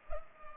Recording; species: mosquito wingbeat signal from an infrared sensor; Culex pipiens